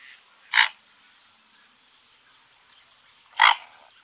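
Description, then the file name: Mute swan giving two short, harsh, snorting calls about three seconds apart, with a faint hiss of background noise between them. "Knolsvan"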